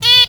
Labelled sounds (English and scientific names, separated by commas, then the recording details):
Zebra Finch (Taeniopygia guttata) distance call
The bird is a female
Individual fem1